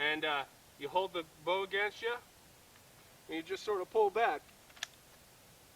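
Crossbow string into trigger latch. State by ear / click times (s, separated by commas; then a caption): seated / 4.8 s. A man talks while drawing the string of a Barnett Ghost 400 crossbow back with a rope cocking device, holding the bow against himself with his right foot in place. At 4.8 s a single sharp click sounds as the string seats into the trigger latch.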